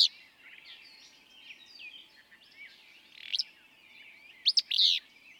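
Willow flycatcher song, a short burry sneezed phrase near the end, over a busy background of twittering songbirds.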